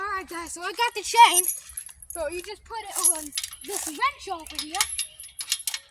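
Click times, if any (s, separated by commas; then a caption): 5.5 s, 5.7 s. Someone talks while fitting a metal drag chain onto a wrench-like mount in the garden, with chain jingles toward the end. Sharp metallic clicks at 5.5 s and 5.7 s mark the chain locking in place on the mount.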